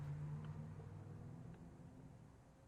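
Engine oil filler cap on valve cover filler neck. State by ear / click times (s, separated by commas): seated / 0.4 s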